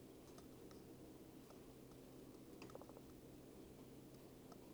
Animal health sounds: poultry house recording; sick chickens (respiratory disease)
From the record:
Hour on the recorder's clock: 12

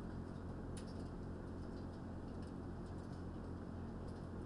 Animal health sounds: poultry house recording; no chicken sound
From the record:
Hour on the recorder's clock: 20

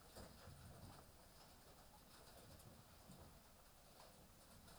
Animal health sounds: poultry house recording; healthy chickens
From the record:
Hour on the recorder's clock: 18

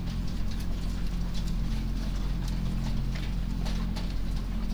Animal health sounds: poultry house recording; sick chickens (respiratory disease)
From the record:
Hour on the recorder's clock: 3

